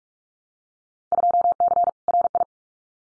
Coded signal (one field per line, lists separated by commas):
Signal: Morse code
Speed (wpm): 46 wpm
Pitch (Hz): 700 Hz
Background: none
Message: 2C RI